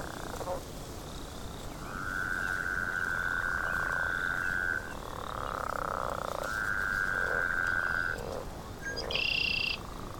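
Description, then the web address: Northern leopard frog calls: long, steady, buzzy snoring trills with lower grumbling notes between them, and a few short high chirps. "l pipiens sounds"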